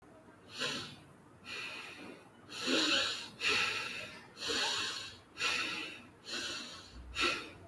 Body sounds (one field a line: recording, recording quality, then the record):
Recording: shallow breathing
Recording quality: excellent, no background noise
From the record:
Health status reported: exposed to COVID-19, no respiratory illness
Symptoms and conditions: loss of smell and taste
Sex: male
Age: 33 years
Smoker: not ticked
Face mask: not worn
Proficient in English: yes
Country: India